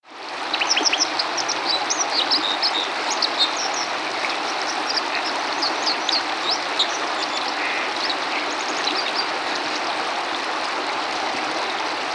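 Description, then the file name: White-throated dipper song, rapid scratchy twittering and high chirped notes through the first two-thirds, partly masked by loud, steady rushing water. "wasseramsel"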